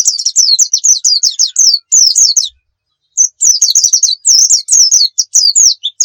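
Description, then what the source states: White-eye song: rapid series of high, thin descending chirps and twitters in quick bursts, a short pause midway, then the chattering resumes, no other sounds. Pleci Muria (Muria white-eye) singing gacor (persistently); a masteran recording for training pet songbirds to sing.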